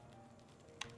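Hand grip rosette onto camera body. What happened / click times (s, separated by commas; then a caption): Part handled under background music; a single sharp click at 0.8 s could be mistaken for seating / none. A hand grip rosette is handled against a Sony FS5 camera body, lined up white dot to white dot for a backward-twisting twist-lock, with a short sharp tap at about 0.8 s over low handling noise. The grip has not seated or clicked into place yet.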